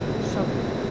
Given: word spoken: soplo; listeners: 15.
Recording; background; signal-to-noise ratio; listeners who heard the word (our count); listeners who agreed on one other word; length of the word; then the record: one Spanish word in noise, from a listening test; speech-shaped noise; -6.6 dB; 0 of 15; 7 of 15; 0.51 s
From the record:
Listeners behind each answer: 7, 3, 1, 1, 1, 1, 1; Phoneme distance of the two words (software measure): 30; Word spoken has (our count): 2 syllables, 5 phonemes, stress on syllable 1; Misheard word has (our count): 2 syllables, 5 phonemes, stress on syllable 1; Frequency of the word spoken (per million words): 4.54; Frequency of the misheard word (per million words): 1898.97